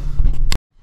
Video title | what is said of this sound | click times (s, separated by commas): FUKIN TUNED throttle response controller installation & review!// Subaru WRX | I have this connected here now, and you should definitely hear a click, and just do the same procedure, just do a push-pull check. | 0.5 s